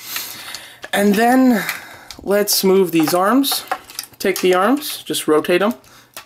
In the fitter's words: so just click it in place